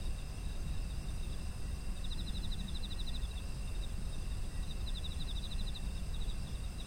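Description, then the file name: Insects in a steady chorus of high, unbroken tones, with two bursts of pulsed, rattling trills, over a constant low rumble. Ambient environmental sound of insects in autumn. "秋の虫の環境音"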